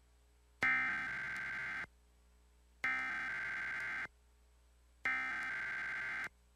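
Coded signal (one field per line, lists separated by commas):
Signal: Emergency Alert System (SAME) tones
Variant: header bursts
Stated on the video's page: Required weekly test from a television station, personally recorded.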